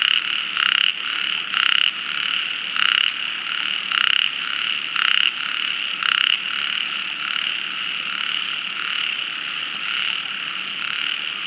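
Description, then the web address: Frog croaking in short raspy bursts, repeated roughly once a second for about six seconds, then falling silent; a steady high insect-like buzz and a constant tone run throughout. "Frogs World"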